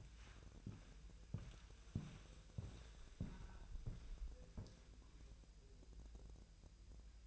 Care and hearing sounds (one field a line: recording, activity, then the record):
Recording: daily activity, microphone in the room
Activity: walk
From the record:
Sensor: 2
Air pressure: 1001.9 hPa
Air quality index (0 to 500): 231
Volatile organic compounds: 59 ppm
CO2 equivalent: 3411 ppm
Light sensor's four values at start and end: 7/16/7/7 and 7/16/7/7